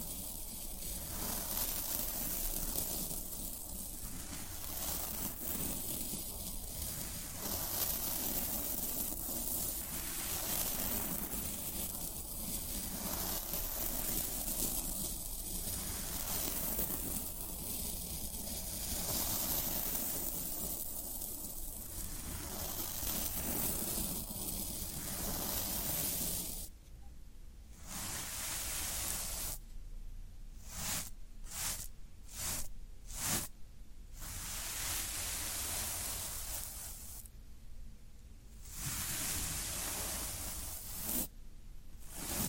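Floral foam gives a dense, hissy crackling rasp that runs almost without pause. For the first twenty-five seconds it swells and eases in a steady rhythm about every three seconds; after that it breaks into abrupt stops and starts, with short silent gaps between bursts.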